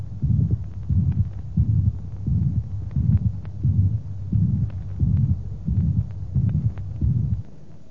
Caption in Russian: Проведение систолического шума в левую подмышечную область. Тоны сердца при этом не выслушиваются.